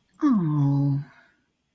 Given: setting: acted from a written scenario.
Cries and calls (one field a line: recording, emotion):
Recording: vocal sound without words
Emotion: sympathy